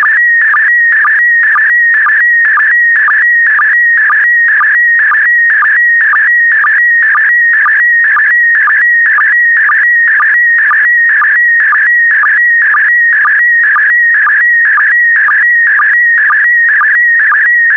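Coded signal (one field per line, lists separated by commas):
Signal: SSTV (slow-scan television)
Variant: PD120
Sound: warbling, buzzy tone with a steady rhythmic click about twice a second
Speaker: complete. You can now check your decoded image against the picture that is shown on the video.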